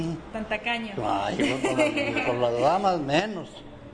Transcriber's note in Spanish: risas